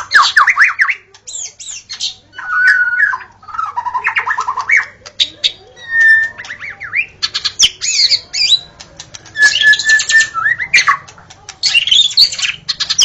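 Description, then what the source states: White-rumped shama with a busy, varied song of downslurred whistles, rapid trills and scratchy clicking notes, repeated in bursts throughout. Wild forest bird, natural song.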